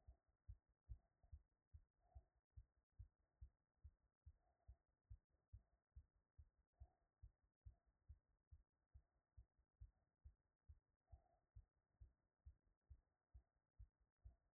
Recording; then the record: heart sounds by stethoscope after running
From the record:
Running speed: 6 mph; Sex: female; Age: 50 to 59 years